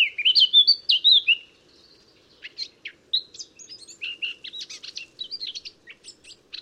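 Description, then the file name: Eurasian blackcap song opening with a loud, clear fluted phrase, followed after a short gap by a softer, quick jumble of twittering notes. "Sylvia atricapilla"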